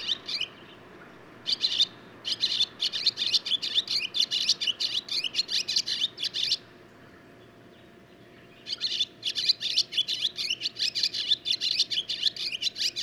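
Barn swallow song: rapid twittering chatter, a pause, then another long twittering run.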